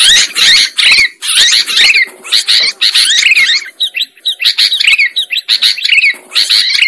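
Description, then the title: Lovebirds chattering continuously, piercing rasping chirps tumbling over one another with only brief pauses. Lure sound used for trapping lovebirds. "PIKAT BURUNG LOVEBIRD"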